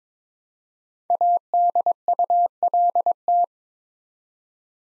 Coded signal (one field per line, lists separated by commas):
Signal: Morse code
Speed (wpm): 22 wpm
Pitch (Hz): 700 Hz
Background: none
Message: ADULT